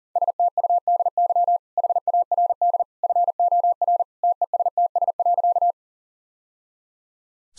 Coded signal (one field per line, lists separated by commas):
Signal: Morse code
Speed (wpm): 40 wpm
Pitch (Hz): 700 Hz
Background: none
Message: STUDY HARD FOR TESTS.